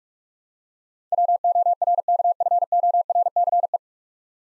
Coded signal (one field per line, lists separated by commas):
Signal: Morse code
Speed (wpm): 42 wpm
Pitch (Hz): 700 Hz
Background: none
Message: WORKFORCE